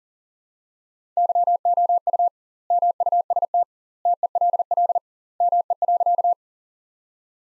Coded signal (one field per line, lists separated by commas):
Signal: Morse code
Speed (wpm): 40 wpm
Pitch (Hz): 700 Hz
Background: none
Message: YOU MUST TELL ME.